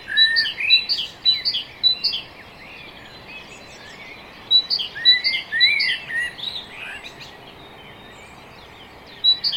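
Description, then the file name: Great tit singing two-note phrases, high then lower, in quick repeated runs separated by pauses. "Parus major"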